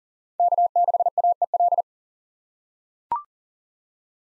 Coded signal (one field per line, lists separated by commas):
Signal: Morse code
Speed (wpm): 40 wpm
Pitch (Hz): 700 Hz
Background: none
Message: K6AEL